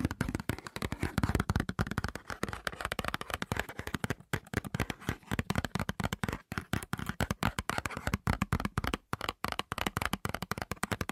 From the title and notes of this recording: ASMR 1 Hour Fast Tapping for Sleep (No Talking).